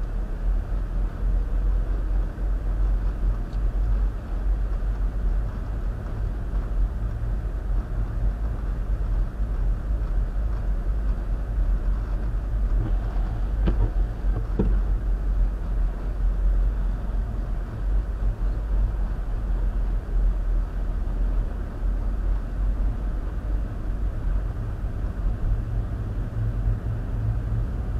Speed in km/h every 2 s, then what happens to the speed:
15, 15, 16, 18, 16, 16, 16, 15, 15, 15, 13, 15, 18, 19.
0-20 steady at about 15. 20-28 speeds up to 19.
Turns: none.